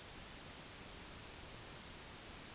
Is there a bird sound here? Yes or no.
no